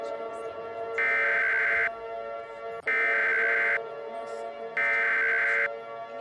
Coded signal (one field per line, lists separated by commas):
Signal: Emergency Alert System (SAME) tones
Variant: header bursts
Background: speech